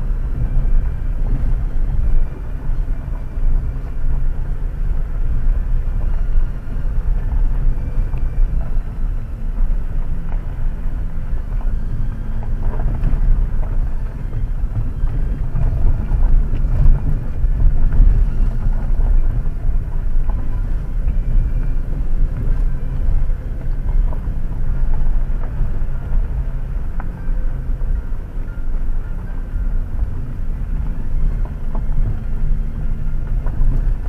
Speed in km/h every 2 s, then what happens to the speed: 13, 14, 15, 14, 13, 12, 11, 10, 11, 12, 15, 15, 15, 15, 13, 12, 13.
0-34 steady at about 13.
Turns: none.